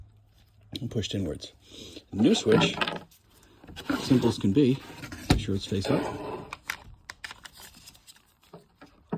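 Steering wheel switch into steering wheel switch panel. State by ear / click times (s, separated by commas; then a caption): not seated / none. A new plastic heated steering wheel switch for a 2022-2025 Tundra is handled and placed face up toward the steering wheel switch panel, whose retaining wings were pushed inwards, while someone talks. A few brief sharp handling ticks come near the end. Nothing has seated or clicked into the panel yet.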